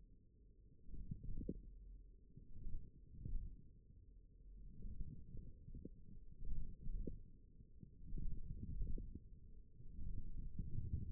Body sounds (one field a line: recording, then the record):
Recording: forearm muscle sounds (acoustic myography)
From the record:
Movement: wrist flexion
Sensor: system 1, eight BSWA MPA416 microphones around the upper forearm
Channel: 4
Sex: male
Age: 42 years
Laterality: right